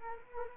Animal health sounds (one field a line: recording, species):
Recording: mosquito wingbeat signal from an infrared sensor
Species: Culex quinquefasciatus